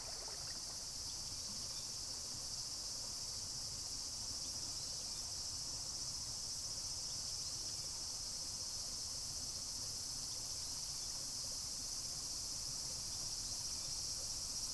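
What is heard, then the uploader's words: A field recording from Kyoto, Japan, filled with a dense, unbroken shimmer of insects, likely crickets, buzzing high and bright for the whole fifteen seconds. Beneath it sits a soft, low rumble, and the overall level stays even, creeping slightly louder near the end. This episode is a composition comprising field recordings I made in Kyoto Japan in 2015.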